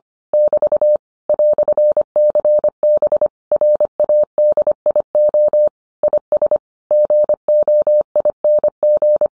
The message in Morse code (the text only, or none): <BT> "CB RADIO IS GOING